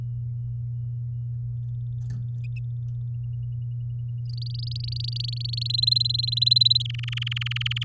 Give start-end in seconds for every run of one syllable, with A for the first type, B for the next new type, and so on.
4.29-5.67 A, 5.70-6.83 B, 6.85-7.84 C